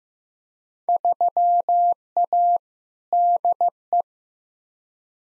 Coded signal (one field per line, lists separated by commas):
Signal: Morse code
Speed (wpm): 15 wpm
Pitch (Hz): 700 Hz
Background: none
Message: 3A DE